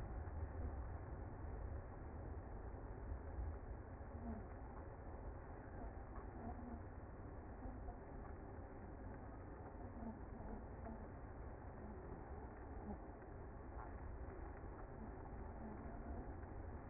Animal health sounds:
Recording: honeybee colony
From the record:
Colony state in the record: active

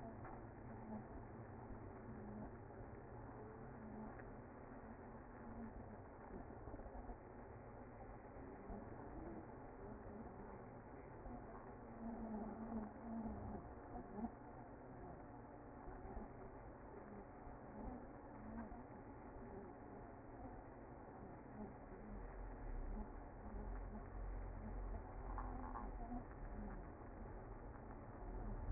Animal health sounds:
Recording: honeybee colony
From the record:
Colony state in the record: active

